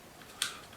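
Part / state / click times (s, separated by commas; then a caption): plastic motor arm housing snapping into the quadcopter body / seated / 0.4 s. A plastic motor arm housing on a WLtoys V686G quadcopter is pressed into the body and snaps in with a single sharp click at 0.4 s, bright mostly above 1 kHz over a quiet background. It seats firmly and the assembly is solid.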